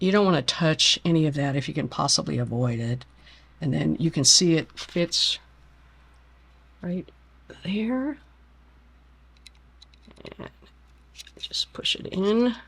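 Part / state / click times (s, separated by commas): M.2 SSD into external enclosure slot / not seated / none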